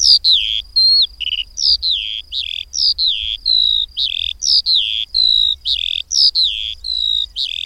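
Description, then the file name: Eurasian skylark song, loud high chirping phrases in quick bursts, each a short run of slurred whistled notes, following in rapid succession. "Mezei pacsirta"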